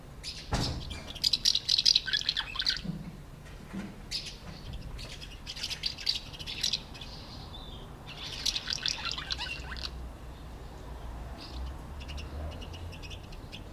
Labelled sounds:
Common House Martin

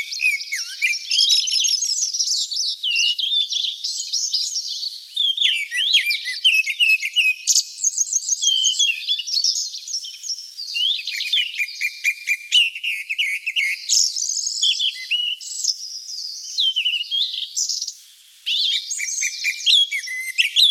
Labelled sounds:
Grey-backed Thrush song

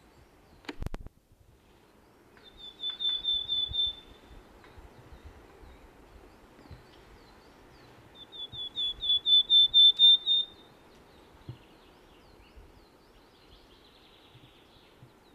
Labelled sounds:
Willow Tit song

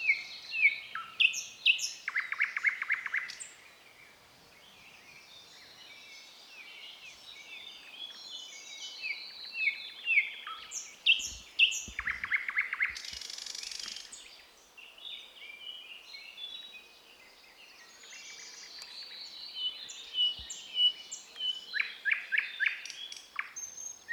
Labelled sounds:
Thrush Nightingale song

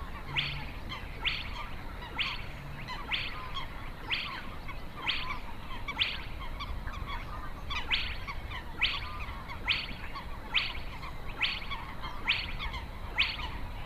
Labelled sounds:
Spotted Crake song

